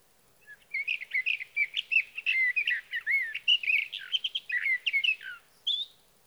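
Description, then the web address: Sage thrasher pouring out a lengthy, rambling warble of varied sweet and scratchy notes, followed after a pause by a single high whistle. "birdsongforthecurious Sage Thrasher"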